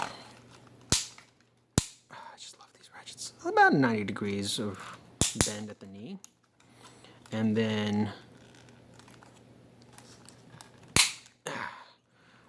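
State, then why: Seated. Someone talks while working the joints of a large plastic Transformers War for Cybertron: Siege Commander Jetfire robot action figure, with sharp ratcheting clicks near 0.9 s and 1.8 s. The ankle joint then locks into place with a very heavy, sharp click at 11.0 s, the loudest hit in the clip.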